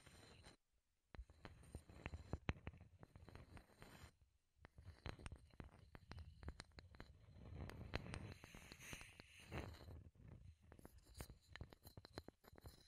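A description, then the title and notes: Wooden tapping and scratching, made up of dense clusters of sharp clicks and knocks with a low rustling underneath. The sounds run in uneven bursts, broken by brief quiet gaps near the start, around four seconds, and again just after ten seconds. ASMR Wood Triggers in Your Ears (No Talking).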